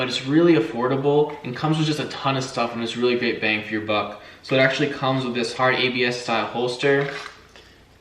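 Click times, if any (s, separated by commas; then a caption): 7.6 s. Someone talks while pushing a 9-millimeter pistol into its hard ABS plastic holster. A short, sharp tick sounds at 7.6 seconds as the pistol snaps into place and is seated.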